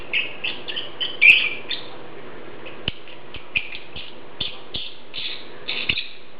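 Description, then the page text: Lovebird chatter, many shrill chirps and squeaks with scattered clicks over a low hum. "Попугай неразлучник - Голос"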